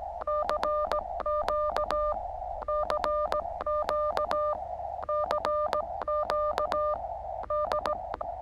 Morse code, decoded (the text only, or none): CQ CQ CQ D